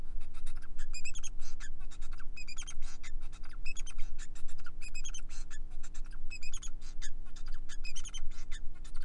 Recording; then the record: song of a male Bengalese finch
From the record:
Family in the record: son of father 4